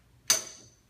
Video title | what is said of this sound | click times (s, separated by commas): EvalTech de BTE | handle left that can be placed in here as well locked into place | 0.3 s